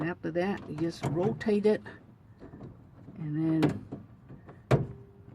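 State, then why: Seated. While replacing the sliding-door lock actuator on a 2004 Odyssey, someone talks and then rotates the door lock rod or cable end and pushes it into its plastic retainer clip on the latch assembly. One sharp hit at 4.7 s marks the cable end seating in the clip.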